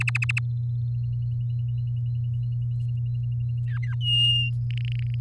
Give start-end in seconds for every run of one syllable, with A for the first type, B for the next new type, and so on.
0.00-0.39 A, 3.66-3.94 B, 4.00-4.50 C, 4.71-5.14 D